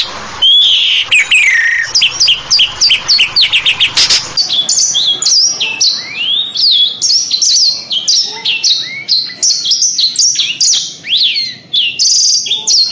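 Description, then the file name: Canary song opening with a rapid dry rattle of clicks, then a long string of bright, high, bouncing whistled notes repeated in quick succession. Canary song of the isian type. "suara kenari isian v 2 omkicau"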